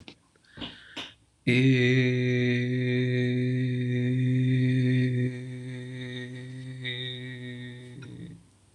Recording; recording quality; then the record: sustained vowel as in made; excellent, no background noise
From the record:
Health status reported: exposed to COVID-19, no respiratory illness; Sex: male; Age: 30 years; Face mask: not worn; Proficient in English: yes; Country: India